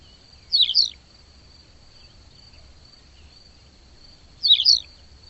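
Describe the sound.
Bird call: two short high twittering bursts about four seconds apart, over a steady thin high tone.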